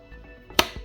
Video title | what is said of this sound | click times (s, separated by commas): DiY a 60000 mAh Power Bank with 21x 18650 Original Panasonic NCR18650PF Cells of Huge Capacity | Yes, now it's clicking. | 0.6 s